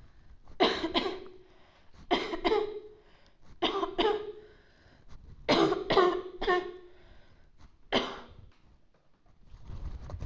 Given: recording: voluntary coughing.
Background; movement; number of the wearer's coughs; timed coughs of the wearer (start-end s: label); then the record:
quiet; sitting; 10
0.56-0.88 s: cough
0.88-1.24 s: cough
2.05-2.35 s: cough
2.35-2.86 s: cough
3.60-3.87 s: cough
3.93-4.25 s: cough
5.43-5.76 s: cough
5.82-6.21 s: cough
6.32-6.71 s: cough
7.87-8.31 s: cough
From the record:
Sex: female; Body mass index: 18.3 kg/m2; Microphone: on the chest, facing outward